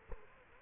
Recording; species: mosquito wingbeat signal from an infrared sensor; Culex quinquefasciatus